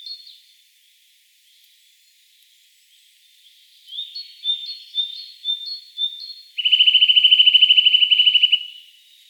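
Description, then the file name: Eurasian nuthatch calling: a few faint piping notes, then a series of sharp repeated notes, ending in a fast, even trill lasting about two seconds. "Sitta europaea"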